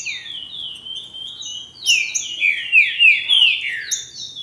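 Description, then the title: Green-winged saltator: a soft series of level whistles, then a louder burst of rapid, strongly falling whistled notes. "Trinca Ferro"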